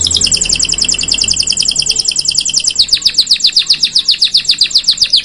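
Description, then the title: Belgian canary giving a fast, bright, rolling trill of high chirping notes repeated steadily. Black-red Belgian canary song, loud and persistent, played to warm up and stimulate canaries to sing. "Canto Para Esquentar Canário Belga. Suara Burung Kenari Black red Gacor Dor"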